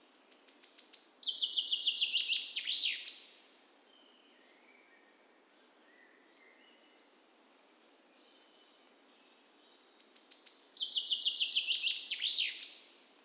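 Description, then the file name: Common chaffinch delivering two full songs about ten seconds apart, each a rattling descending phrase closed by a quick flourish; faint soft chirps in the gap. "Fringilla coelebs"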